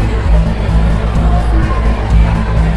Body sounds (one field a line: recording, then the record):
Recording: background sound without coughing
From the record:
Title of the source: Party Noise 1 Hour Party Ambience